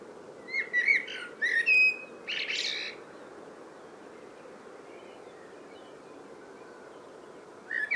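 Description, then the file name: Eurasian blackbird singing fluty, warbling whistled phrases with twittery notes in the first three seconds, then a quiet gap before a brief final phrase, over steady background hiss. "Turdus merula"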